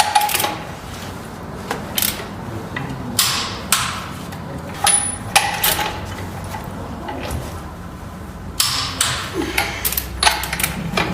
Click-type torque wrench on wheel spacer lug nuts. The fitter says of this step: you hear the click you can hear it on the video for sure you just go